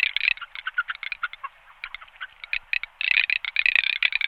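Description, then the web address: Garganey dry clicking rattle, a rapid run of wooden ticks that slows slightly midway and then quickens into a denser burst. "golosa anseriformes a querquedula"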